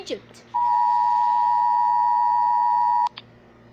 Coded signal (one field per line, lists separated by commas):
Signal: Emergency Alert System (SAME) tones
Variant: 853 and 960 Hz attention tone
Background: speech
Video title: Rating Eas alarm From different countries